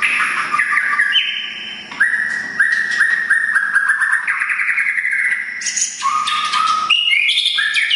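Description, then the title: Oriental magpie-robin song, a continuous run of clear sustained whistles at shifting pitches interspersed with quick chirps and buzzy fragments. "kacer"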